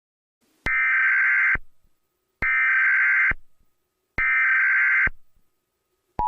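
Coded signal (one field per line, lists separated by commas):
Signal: Emergency Alert System (SAME) tones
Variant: header bursts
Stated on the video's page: Fictional EAS scenario about a radioactive outbreak; simulated alert, not a real broadcast.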